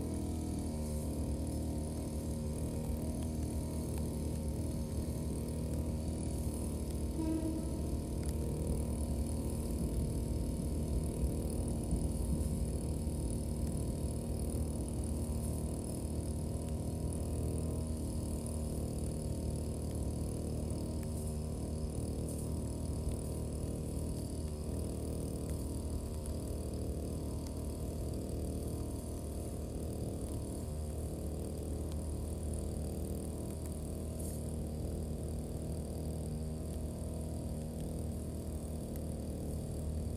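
A brush cutter runs without pause as grass is cut along rows of green onions. Its small engine holds a steady, dense drone, heaviest in the low and middle range, with a faint thin whine above and only slight wavering in pitch throughout.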